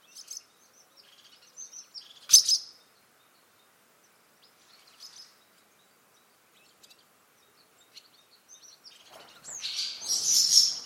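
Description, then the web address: Bird chirps, short high sharp notes scattered throughout, with one loud chirp early and a longer burst of noisy chirping near the end. "Bird Only"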